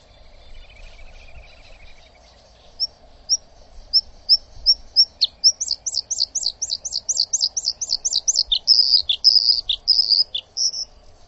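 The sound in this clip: Bird calls: spaced high chirps that speed up into a fast run of sharp notes, then buzzy high notes, over a steady low hum.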